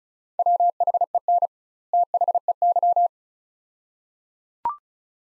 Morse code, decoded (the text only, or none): WHEN THEY